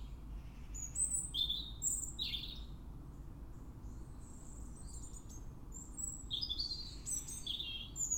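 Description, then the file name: European robin song: bursts of thin, high, varied notes and quick sweeps that come in scattered phrases, over a steady low rumbling background hiss. "Erithacus rubecula"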